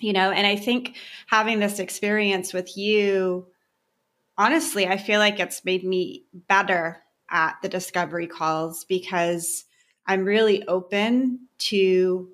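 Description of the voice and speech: An adult woman speaks fluently in a conversational, mid-pitched voice with natural pauses, consistent with typical speech.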